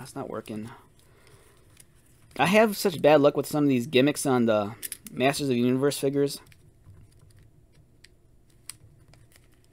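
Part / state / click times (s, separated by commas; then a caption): plastic throwing blade into action figure chest launcher / seated / 8.7 s. Someone talks while pushing a plastic throwing-blade accessory into the chest slot of an action figure's chest launcher after a failed first try. Faint plastic clicks and taps follow the talking, and the blade clicks into place at 8.7 s.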